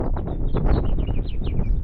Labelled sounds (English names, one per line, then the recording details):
House Finch song
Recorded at Point Lookout on Long Island, New York, on 2 June 1975
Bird C